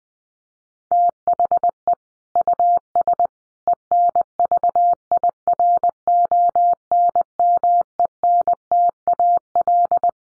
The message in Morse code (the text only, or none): THE US ENVIRONMENTAL